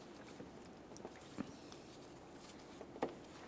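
A wiring harness electrical connector under the battery tray area in the engine bay of a 2015-2019 Subaru Outback 2.5L H4 is lined up and pressed toward its plastic mating socket during a spark plug replacement. Soft handling taps and rustles are heard, with brief sharper knocks near 1.0 s, 1.4 s and 3.0 s. Nothing has seated or clicked yet.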